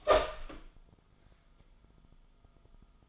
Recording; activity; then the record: daily activity, microphone in the room; open door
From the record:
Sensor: 5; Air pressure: 1005.0 hPa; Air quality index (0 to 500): 101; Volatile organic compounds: 2 ppm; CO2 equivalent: 1233 ppm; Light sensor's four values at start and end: 34/79/31/30 and 34/78/31/30